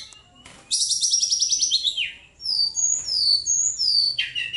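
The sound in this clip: Bird song: a long buzzy trilled phrase sliding downward, then clear high slurred whistles and a final falling note.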